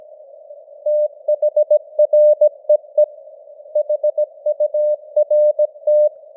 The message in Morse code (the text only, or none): THREE HURT